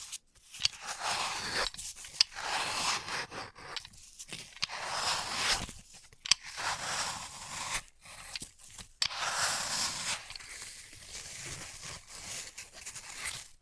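Floral foam being cut and crushed, with gritty, crackling scrapes that swell and fade in uneven bursts of a second or two. Sharp clicks and taps punctuate the texture around two, six and nine seconds, separated by brief near-silent gaps.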